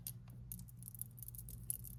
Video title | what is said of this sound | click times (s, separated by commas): A Variety of Vintage Costume & Sterling Stone Jewelry! Consignment Unboxing! | There, does snap in place. | 1.7 s